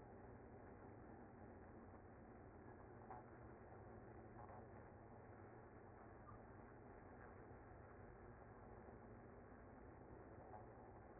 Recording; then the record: honeybee colony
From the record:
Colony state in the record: active